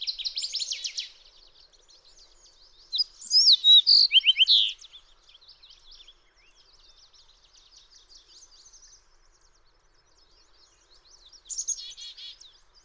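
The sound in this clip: Fox sparrow song: a loud, rich phrase of slurred whistles, framed by softer, quicker buzzy trills at the start and end.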